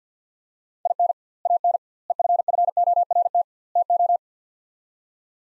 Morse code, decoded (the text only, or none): IN AN EFFORT TO